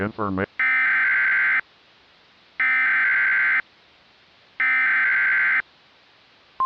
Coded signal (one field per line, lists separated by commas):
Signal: Emergency Alert System (SAME) tones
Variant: header bursts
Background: speech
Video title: (VALID TONES) EAS Mock - Evil Darwin, The Conclusion (Part 4) (READ DESCRIPTION)